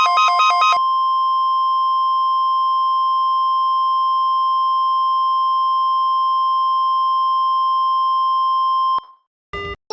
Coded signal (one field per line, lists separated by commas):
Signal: Emergency Alert System (SAME) tones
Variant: 1050 Hz attention tone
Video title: EAS Severe Thunderstorm Statement